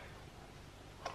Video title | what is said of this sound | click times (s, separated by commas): ZACZĘŁAM DIETĘ! ZAKUPY Z MAMĄ! KUPIŁAM PEREŁKI! | tutaj już zaraz o kliknęło super także bardzo fajny dyskretny gadżecik | 1.1 s